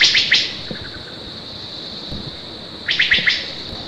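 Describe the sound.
Wood thrush song, two bursts of rapid buzzy trilled notes at the start and end, separated by quiet, over a constant high drone.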